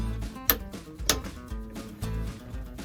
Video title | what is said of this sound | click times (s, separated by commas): 字幕あり【キャンピングカー DIY】中古エアコンは、動くのか?。🤔 ついに、キャンピングカーの「マッシュ」に、家庭用エアコン取り付けます。エアコン取り付け「その④」 [アストロタイガー改造記] | カチッといったら締め付け完了です。 | 0.5 s, 1.1 s